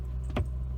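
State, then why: Seated. A manual gear shift lever on a 2008 Ford Mustang GT with shifting problems is moved into the reverse gate of the transmission and engages with a click at 0.4 s. A low, steady hum runs underneath, with a faint jangle like keys.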